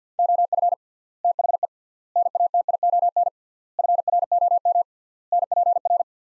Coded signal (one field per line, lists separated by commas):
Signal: Morse code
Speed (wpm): 50 wpm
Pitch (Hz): 700 Hz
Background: none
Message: OF THE NATION FROM NPR